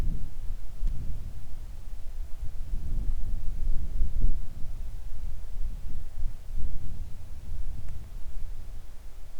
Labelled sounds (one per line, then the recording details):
wind
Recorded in the Arctic National Wildlife Refuge, Alaska, on 3 August 2019 at 10:18
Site 41